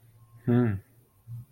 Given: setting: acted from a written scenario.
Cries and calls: vocal sound without words; neutral

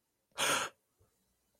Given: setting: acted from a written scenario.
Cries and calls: vocal sound without words; negative surprise

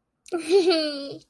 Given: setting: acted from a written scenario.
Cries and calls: vocal sound without words; pride

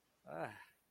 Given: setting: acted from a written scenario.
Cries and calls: vocal sound without words; contentment

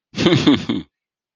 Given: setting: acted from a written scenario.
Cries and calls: vocal sound without words; contempt

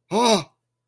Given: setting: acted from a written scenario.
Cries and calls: vocal sound without words; negative surprise

